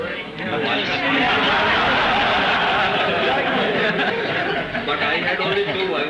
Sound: laughter

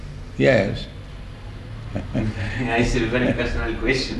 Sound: laughs

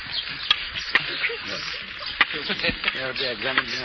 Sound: laughter

